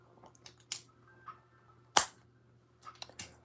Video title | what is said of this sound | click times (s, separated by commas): Testing/Building my Indominus Rex MOC | I love that satisfying click | 2.0 s